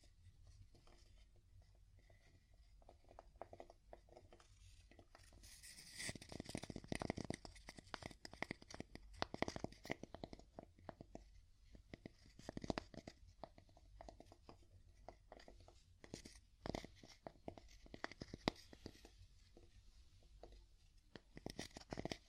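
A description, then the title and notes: Wood tapping: quick, irregular knocks and scratchy rubbing in uneven clusters, sharp and bright, over a low hiss. The busiest stretch comes around six to ten seconds, with further bursts near 12, 17 and 19 seconds, and sparser taps in between. ASMR Calming Wood Tapping (No Talking).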